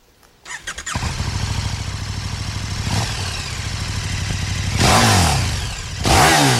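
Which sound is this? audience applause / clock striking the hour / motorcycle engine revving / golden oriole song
motorcycle engine revving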